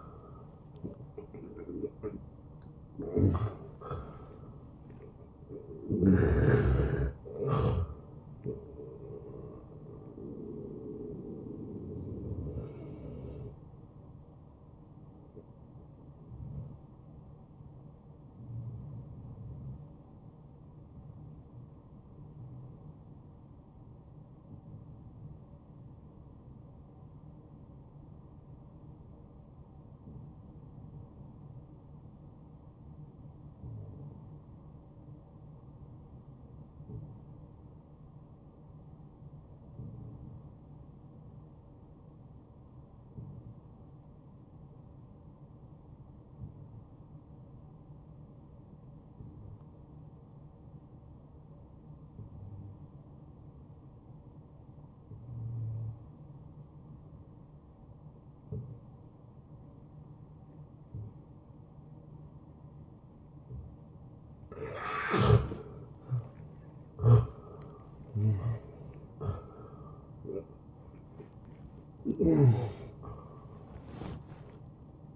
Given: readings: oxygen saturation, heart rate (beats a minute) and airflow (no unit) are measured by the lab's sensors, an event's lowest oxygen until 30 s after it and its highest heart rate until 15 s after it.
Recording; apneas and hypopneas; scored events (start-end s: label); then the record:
breathing in sleep by a smartphone at the bedside; 1
19.00-64.20 s: hypopnea (N1, oxygen 97% highest, then 87% lowest, heart rate 74 at the start, 83 highest)
26.00-56.00 s: new sleep stage, N2 (light sleep)
56.00-75.16 s: new sleep stage, N1 (lightest sleep)
From the record:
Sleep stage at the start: N1 (lightest sleep); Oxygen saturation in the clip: 89 to 97%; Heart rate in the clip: 60 to 81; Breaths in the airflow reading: 12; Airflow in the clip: -16.5 to 11.1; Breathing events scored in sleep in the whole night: 263 in 5.5 hours asleep